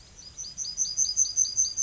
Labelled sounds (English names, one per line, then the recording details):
Yellowhammer song
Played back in grassland
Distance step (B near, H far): D
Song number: 056